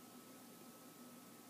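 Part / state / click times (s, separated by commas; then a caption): ribbon cable connector locking clip on a phone logic board / not seated / none. During an iPhone 3G battery replacement, ribbon cable connector number three on the phone's logic board sits behind the black block while its small locking clip is handled before being pressed shut. Only a steady broadband hiss with faint constant tones near 250 Hz and 1.3 kHz is heard, with no distinct sounds. Nothing has clicked or locked into place yet.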